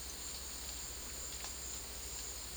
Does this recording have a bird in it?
no